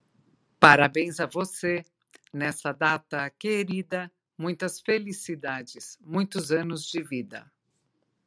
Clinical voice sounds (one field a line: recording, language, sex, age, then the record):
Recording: short text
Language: Brazilian Portuguese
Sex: female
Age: 60 to 69 years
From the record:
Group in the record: control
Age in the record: 60 years